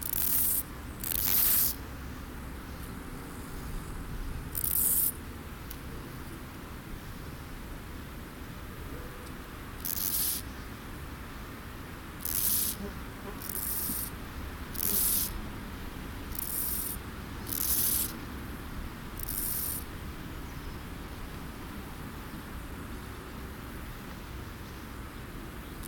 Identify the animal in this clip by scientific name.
Chorthippus dorsatus